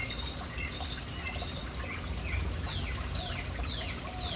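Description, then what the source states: Birds calling: scattered chirps followed by four loud, clear notes sweeping steeply downward, heard over a steady roar of running water. City birds hanging around a fountain in an urban setting.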